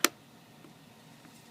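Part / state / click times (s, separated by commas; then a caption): speakon speaker cable connector into subwoofer jack / seated / 0.0 s. A blue Speakon connector on a speaker cable is slid into the jack of a Bose B2 subwoofer (part of a Bose L1 Model 1S setup) and twisted until it locks. A single sharp, bright click is heard at 0.05 s, followed by faint low background noise with a few soft ticks. The connector is seated and locked.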